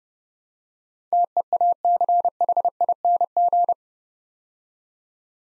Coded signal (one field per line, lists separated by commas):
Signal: Morse code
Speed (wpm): 30 wpm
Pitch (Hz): 700 Hz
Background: none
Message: TEACHING